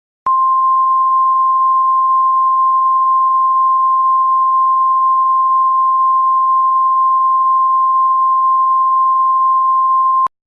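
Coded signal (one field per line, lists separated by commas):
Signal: Emergency Alert System (SAME) tones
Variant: 1050 Hz attention tone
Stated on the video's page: Fictional EAS scenario of a tornado disaster in Colorado.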